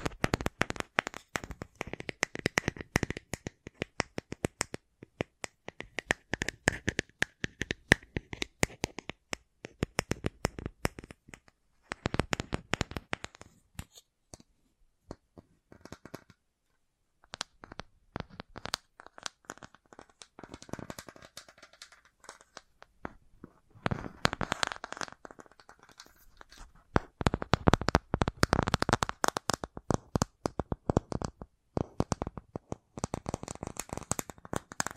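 Tapping sounds come as dense bursts of quick, crisp clicks and scratchy crinkles, with no talking. Busy flurries fill the first eleven seconds, thin to sparse taps in the middle, then return thick and loud around 24 to 30 seconds before easing off.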